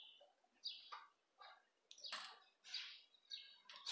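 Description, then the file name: Rosy-faced lovebird producing a quiet run of rapid, harsh, squeaky chattering notes, one after another, over a faint hiss. "canto do inseparavel de faces rosadas"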